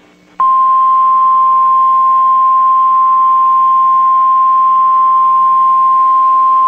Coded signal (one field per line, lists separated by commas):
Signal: Emergency Alert System (SAME) tones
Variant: 1050 Hz attention tone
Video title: NOAA EAS MOCK TORNADO WARNING 4/15/21 (WISCONSIN STATEWIDE TORNADO DRILL 2021)